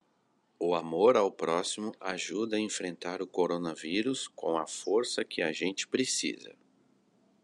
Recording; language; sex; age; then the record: spoken sentence; Brazilian Portuguese; male; 40 to 49 years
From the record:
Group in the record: control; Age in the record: 43 years